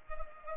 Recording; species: mosquito wingbeat signal from an infrared sensor; Culex pipiens